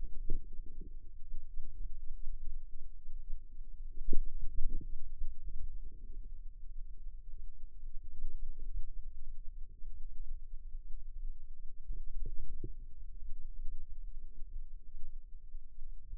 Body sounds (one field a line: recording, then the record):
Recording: forearm muscle sounds (acoustic myography)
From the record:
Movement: inward rotation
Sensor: system 2, bracelet of six BSWA MPA416 microphones around the upper forearm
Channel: 2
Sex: female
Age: 22 years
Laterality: right